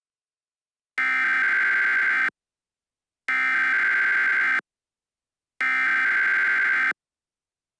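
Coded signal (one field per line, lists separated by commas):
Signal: Emergency Alert System (SAME) tones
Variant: header bursts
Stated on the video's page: Fictional EAS scenario alert, self-made, not a real broadcast.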